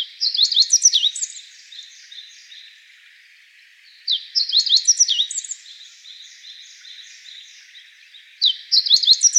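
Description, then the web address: Meadow bunting song: two bright, rapid phrases of high twittering notes and downward slurs, the second starting near four seconds, with a third beginning at the end. 14 April 2015. "birdenaga hojiro 150414"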